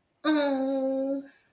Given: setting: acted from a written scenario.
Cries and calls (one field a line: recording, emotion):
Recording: vocal sound without words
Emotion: sympathy